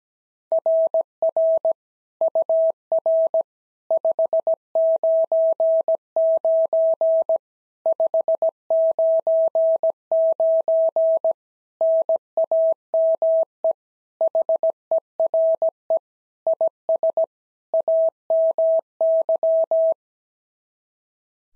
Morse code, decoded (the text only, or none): RR UR 599 599 NAME HERE IS AMY